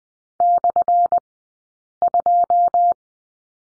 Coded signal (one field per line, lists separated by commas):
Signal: Morse code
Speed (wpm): 20 wpm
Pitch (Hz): 700 Hz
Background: none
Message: /2